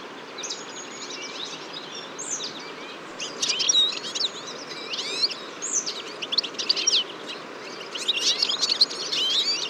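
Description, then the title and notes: Eurasian siskin chorus of high twitters, with clear sliding whistles and buzzy notes rising in density toward the end. Large flock at a feeder on a February morning, 23 February 2014, Fourcinet, Drôme, France; recorded with Nagra Seven and Telinga P7. "Choeur de fringilles. 23 février 2014-Fourcinet - Drôme. un grand nombre de Tarin des aulnes (Carduelis spinus)"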